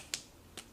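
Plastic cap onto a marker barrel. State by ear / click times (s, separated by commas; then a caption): seated / 0.1 s. A plastic cap is pushed back onto a marker barrel and snaps shut with an easy, sharp little click at 0.1 s, sealing the marker without a struggle. A second, softer click follows at about 0.6 s.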